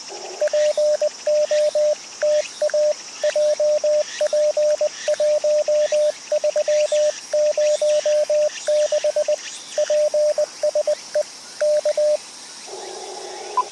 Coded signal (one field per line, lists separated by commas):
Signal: Morse code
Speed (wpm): 20 wpm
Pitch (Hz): 600 Hz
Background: radio noise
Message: POTA JP1306 PSE K